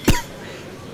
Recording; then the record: coughing mixed with background sound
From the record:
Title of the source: Coughing 51